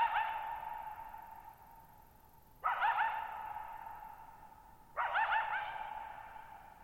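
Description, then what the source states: Coyote barking every few seconds, each bark raspy and quavering before fading into a long echo. Lone coyote vocalizing for nearly 50 minutes, night of July 14, 2019, Thirtymile Meadows, Okanogan National Forest, Okanogan High Country, Pacific Northwest, 6400 ft (1950 m); high dry plateau, shallow-bowl meadow.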